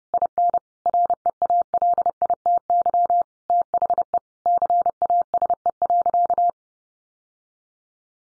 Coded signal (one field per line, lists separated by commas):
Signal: Morse code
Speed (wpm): 30 wpm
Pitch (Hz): 700 Hz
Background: none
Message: IN REALITY THE CASE.